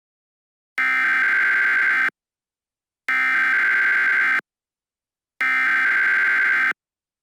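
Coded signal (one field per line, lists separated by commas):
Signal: Emergency Alert System (SAME) tones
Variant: header bursts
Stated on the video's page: Fictional EAS scenario with tones that may or may not be valid; events are not real.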